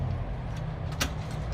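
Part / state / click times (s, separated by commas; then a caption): spirit burner stand into folding camp stove / seated / 1.0 s. A spirit burner stand for a Trangia burner is fitted into a small metal folding Firebox Nano G2 stove. Over a steady low rumble, a sharp click at 1.0 s is heard as the stand snaps onto the stove's pins, seating it in place.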